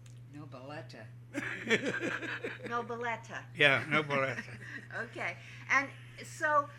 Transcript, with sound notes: Nobiletta. (laughs)
Nobiletta.
Yeah, Nobiletta. ( they laugh )
Okay. And, so,